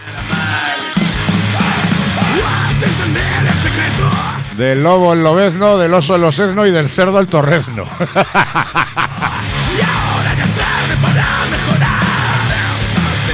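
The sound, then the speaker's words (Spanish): A loud, dense groove metal track with heavy distorted instruments and harsh shouted vocals, including a stretch of wavering, growled singing in the middle. “Pues es así se llama también la canción que estamos escuchando,”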